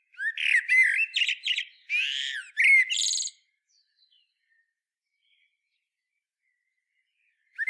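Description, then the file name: Common blackbird song: low fluted warbling phrases ending in high squeaky twitters, then a long silence before another phrase begins at the very end. "Turdus merula"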